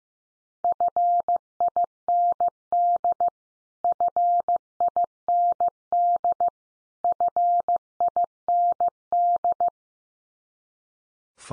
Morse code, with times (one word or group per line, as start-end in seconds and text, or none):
0.6-3.3 FIND
3.8-6.5 FIND
7.0-9.7 FIND